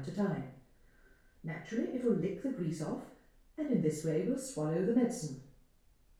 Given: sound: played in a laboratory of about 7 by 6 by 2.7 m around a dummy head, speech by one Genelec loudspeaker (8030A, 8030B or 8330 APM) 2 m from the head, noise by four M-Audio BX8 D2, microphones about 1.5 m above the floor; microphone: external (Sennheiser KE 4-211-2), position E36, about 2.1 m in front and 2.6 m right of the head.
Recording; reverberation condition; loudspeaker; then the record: female speech in English; medium; 60 degrees to the right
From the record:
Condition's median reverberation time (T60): about 510 ms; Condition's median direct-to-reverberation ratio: about -0.5 dB